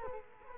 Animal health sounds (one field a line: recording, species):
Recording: mosquito wingbeat signal from an infrared sensor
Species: Culex quinquefasciatus